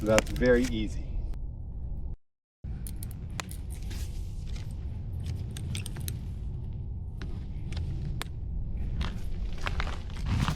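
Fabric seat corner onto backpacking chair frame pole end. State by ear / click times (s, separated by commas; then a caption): seated / 3.4 s, 6.1 s, 8.2 s, 9.7 s. Someone talks briefly, then the colour-coded corner pockets of a Nemo backpacking chair's fabric seat are pushed onto the matching ends of its aluminium frame, with rustling and handling under a steady background hiss. Sharp snaps ring out at 3.4, 6.1, 8.2 and 9.7 seconds as each corner seats onto its frame end.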